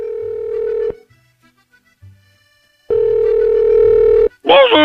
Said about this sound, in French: Écoutez, on va essayer de le joindre, on va essayer de l'appeler. Hein. On l'appelle hein, sur le portable